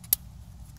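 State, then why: Seated. A 2018 Porsche Macan's rear brake wear sensor's plastic electrical connector is plugged back into the vehicle wiring harness plug, giving one sharp, loud click at 0.1 s over a low, steady hum. The connector clicks in and is seated.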